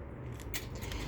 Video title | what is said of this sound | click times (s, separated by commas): Spring Garden Houseplants, Herbs, Abundance! #gardening #plants #garden #houseplants #propagating | but this one is a lot better and just snaps into place | 0.9 s